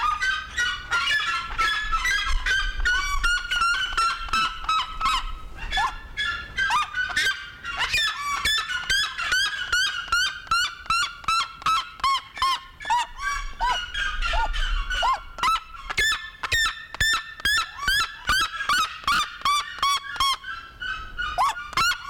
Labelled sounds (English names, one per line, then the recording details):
Black-legged Seriema call
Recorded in captivity
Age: adult
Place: Zoo Berlin, Berlin, DE
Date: 1993-01-16 11:24
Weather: heiter, 10-13°C
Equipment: Marantz CP 430, Sennheiser ME 80, Kopie Uher Variocord 263
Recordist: Tembrock, Günter